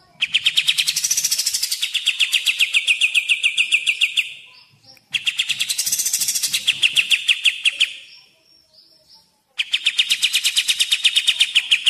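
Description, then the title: Grey-cheeked bulbul song in three long bursts of quick, rattling repeated notes, the first two starting harsh and loud, then settling into an even chatter before falling silent, the third still going at the end. Tutor recording (masteran) for training songbirds. "MASTERAN CUCAK JENGGOT"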